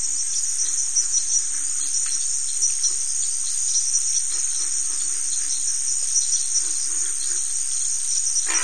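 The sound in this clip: Crickets: a steady shrill chorus runs throughout without a break, with soft clicks underneath.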